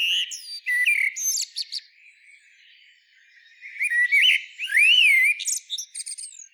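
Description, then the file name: Common blackbird song: fluty slurred notes, then a chattering high flourish, a pause, and another rich phrase with swooping whistles and a twittery end. "Turdus merula"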